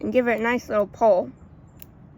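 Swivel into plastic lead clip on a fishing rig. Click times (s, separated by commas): 1.8 s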